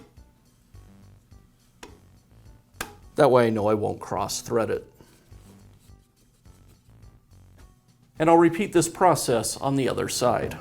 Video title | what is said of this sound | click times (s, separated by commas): Skil Skilsaw Repair - Replacing the Carbon Brushes (Skil Part # 1619X08020) | I like to rotate it backwards until I hear the threads click into place. | 1.8 s, 2.8 s